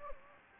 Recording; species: mosquito wingbeat signal from an infrared sensor; Anopheles gambiae